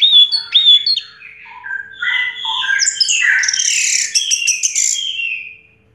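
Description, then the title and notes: Orange-headed thrush song opening with clear whistles, then a tumbling sequence of lower warbled phrases building into a dense, buzzy, high flourish that fades out. Singing in the teler style, described as clear-voiced; part of a complete collection of its song. "Anis Merah Teler Suara Jernih. kumpulan suara anis merah lengkap"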